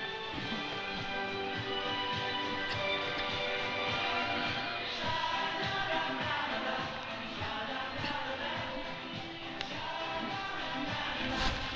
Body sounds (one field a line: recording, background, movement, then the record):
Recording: throat clearing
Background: music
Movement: walking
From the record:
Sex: female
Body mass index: 25.5 kg/m2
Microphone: on the chest, facing the body